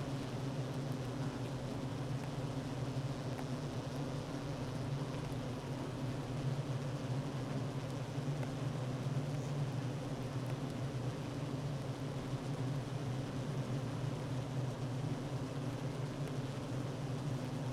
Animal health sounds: honeybee colony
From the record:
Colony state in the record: active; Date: 12 June 2018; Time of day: 9:47

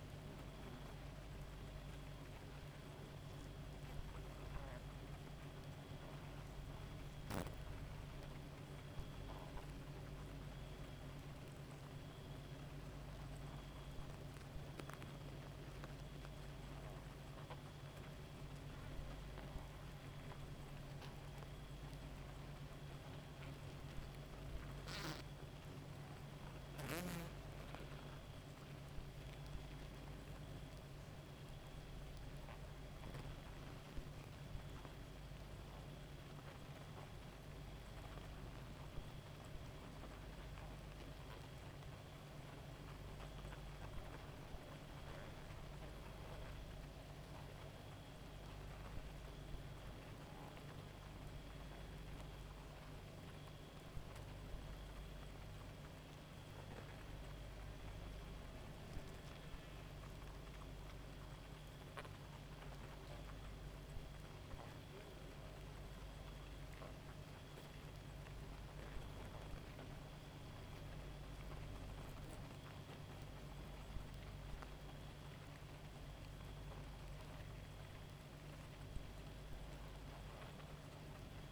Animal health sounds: honeybee colony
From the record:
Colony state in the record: active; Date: 28 July 2017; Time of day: 1:37

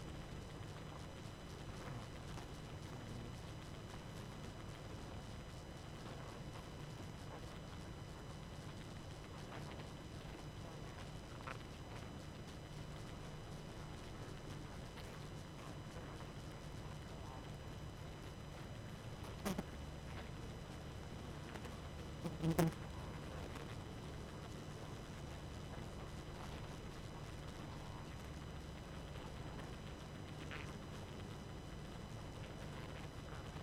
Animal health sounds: honeybee colony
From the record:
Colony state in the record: active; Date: 12 June 2018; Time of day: 22:28

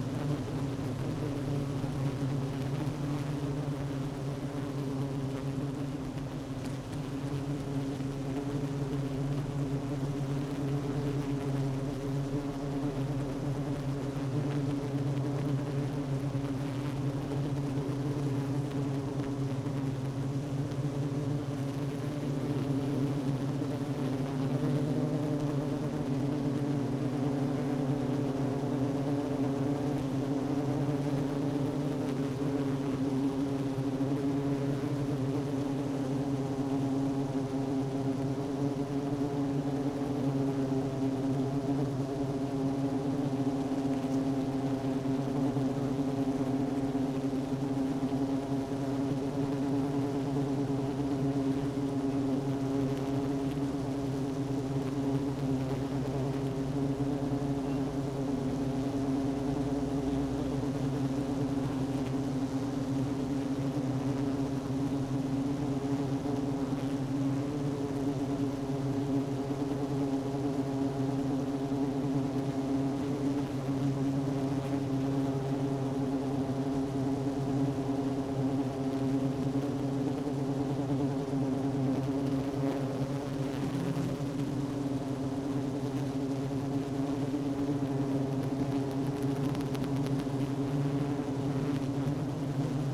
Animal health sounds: honeybee colony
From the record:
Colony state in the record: active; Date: 12 June 2018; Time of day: 10:13

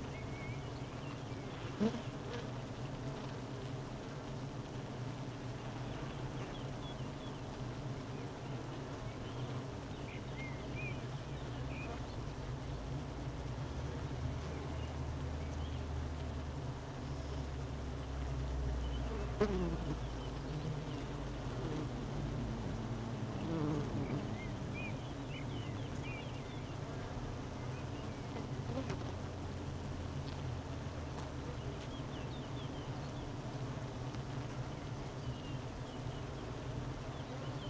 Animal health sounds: honeybee colony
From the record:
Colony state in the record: missing queen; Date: 31 May 2018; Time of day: 12:11

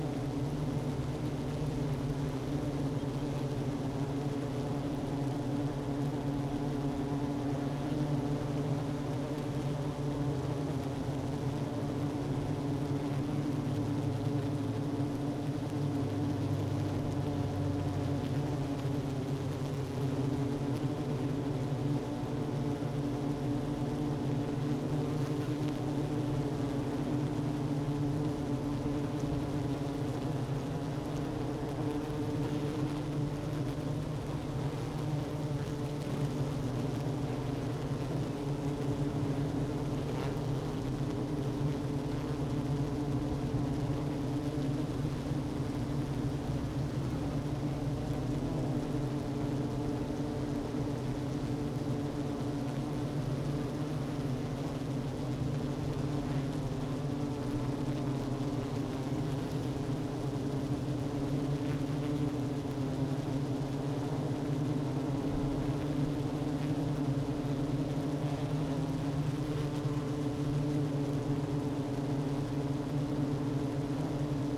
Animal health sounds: honeybee colony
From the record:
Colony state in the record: active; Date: 12 June 2018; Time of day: 11:10

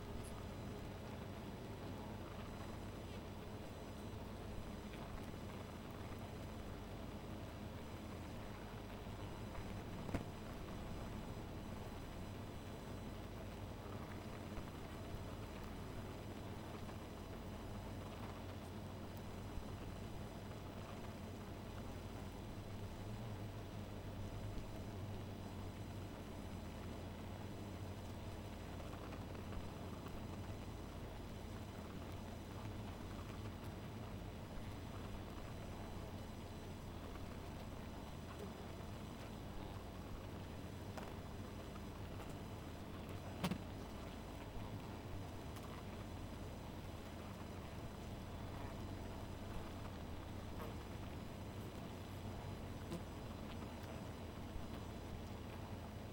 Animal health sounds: honeybee colony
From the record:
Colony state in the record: missing queen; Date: 14 July 2017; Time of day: 1:13

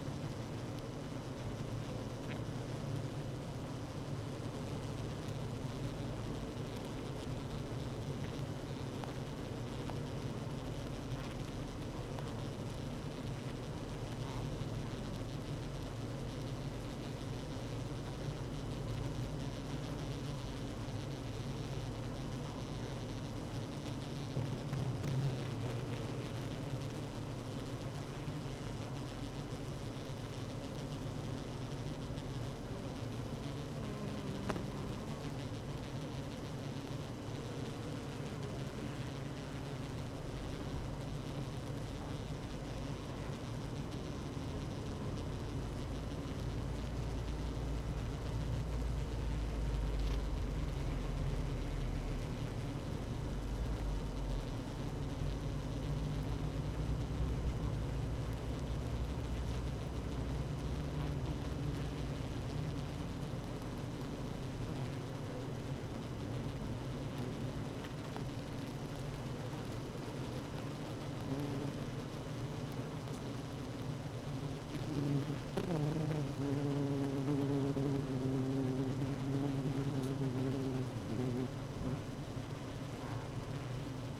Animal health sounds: honeybee colony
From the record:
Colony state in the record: active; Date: 12 June 2018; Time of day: 16:37

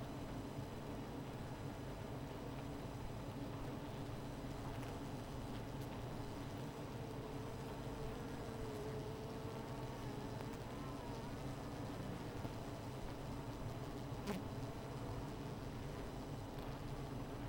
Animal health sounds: honeybee colony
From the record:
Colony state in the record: missing queen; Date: 14 July 2017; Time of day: 16:30

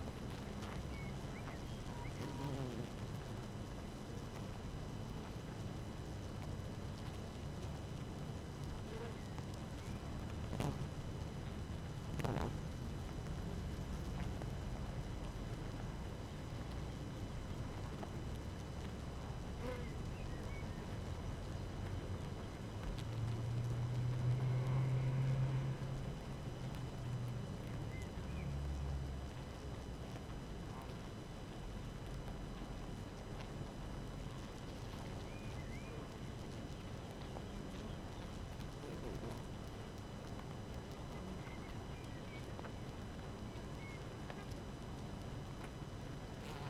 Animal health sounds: honeybee colony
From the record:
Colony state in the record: active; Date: 12 June 2018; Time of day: 5:34

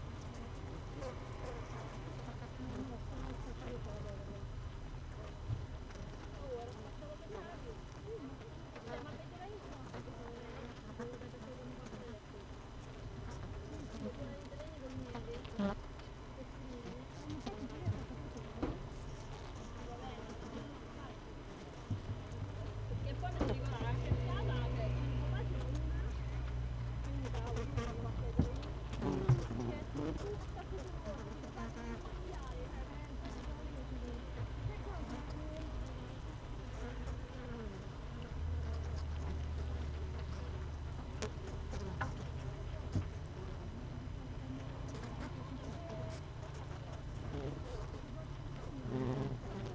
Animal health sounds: honeybee colony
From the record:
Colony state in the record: missing queen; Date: 31 May 2018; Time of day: 16:27

